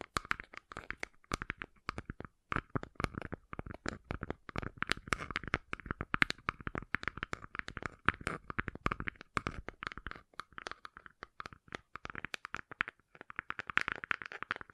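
Gentle tapping continues without a break, a dense run of quick, crisp taps that come irregularly, sometimes in fast clusters and sometimes with brief pauses. Each tap is short and dry with a slight scratchy, crinkly edge. No other sounds stand out.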